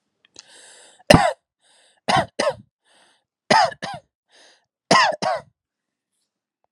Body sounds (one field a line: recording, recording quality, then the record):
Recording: heavy voluntary cough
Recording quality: excellent, no background noise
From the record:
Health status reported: healthy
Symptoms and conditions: none ticked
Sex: male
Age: 27 years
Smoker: not ticked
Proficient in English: yes